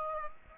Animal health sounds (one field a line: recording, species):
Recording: mosquito wingbeat signal from an infrared sensor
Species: Aedes aegypti